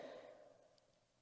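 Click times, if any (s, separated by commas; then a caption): none. A metal bicycle cassette lock ring sits on the freehub body threads, handled with a cassette tool and back-spun to find the thread start so it will not cross-thread. A soft, breathy hiss fades away over about a second with no sharp transients. Nothing has seated or clicked yet.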